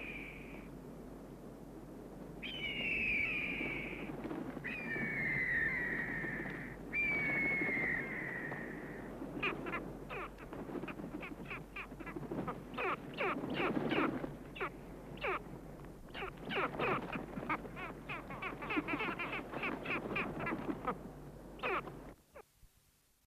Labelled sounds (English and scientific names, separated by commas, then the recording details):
Great Skua (Stercorarius skua) call
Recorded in captivity
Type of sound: call
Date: 1974-12-29
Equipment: Halbspur, 9,5 cm/s
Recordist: Lütgens, Hans
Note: Sturzflug auf Eindringlinge, dann Weibchen abwehrend auf dem Nest